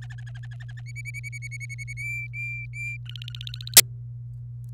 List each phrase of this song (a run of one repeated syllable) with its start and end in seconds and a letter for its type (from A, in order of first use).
0.02-0.81 A, 0.86-1.93 B, 1.97-2.97 C, 3.06-3.77 D